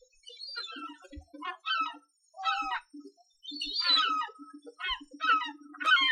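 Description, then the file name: Gull cries in short yelping bursts, with a low rhythmic throbbing underneath. "Seagulls"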